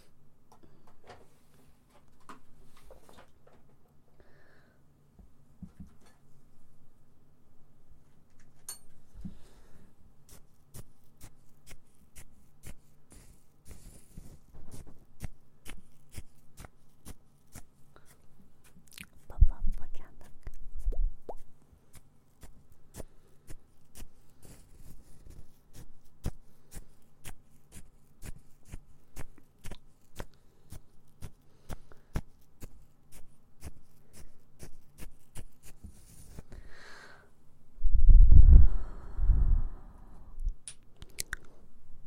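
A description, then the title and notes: ASMR mouth sounds and ear cleaning: dense, fast crackling clicks over a low steady hum, with heavier rustling thumps around 19 and 38 seconds. ASMR Mouth Sounds Ear Cleaning.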